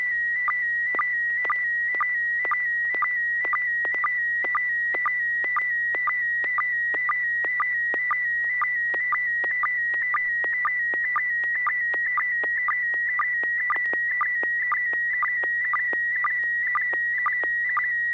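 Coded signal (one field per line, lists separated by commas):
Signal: SSTV (slow-scan television)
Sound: steady high warbling tone broken by short lower blips about twice a second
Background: low hum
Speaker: Bob, you're first, N6PGQ. Are you ready to share a picture?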